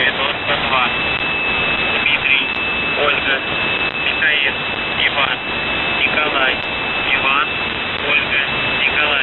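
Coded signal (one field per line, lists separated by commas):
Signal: numbers station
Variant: UVB-76 voice message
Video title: The Buzzer/UVB-76(4625Khz) February 14th, 15th, 19th 2022 Voice messages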